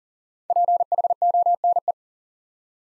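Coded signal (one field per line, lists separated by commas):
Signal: Morse code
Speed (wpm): 42 wpm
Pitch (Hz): 700 Hz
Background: none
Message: PHONE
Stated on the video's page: Morse practice at 40 wpm: five-letter words sent twice for head-copy training.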